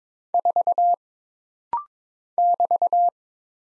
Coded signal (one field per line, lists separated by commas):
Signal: Morse code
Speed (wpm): 22 wpm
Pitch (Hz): 700 Hz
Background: none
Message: 4 <BT>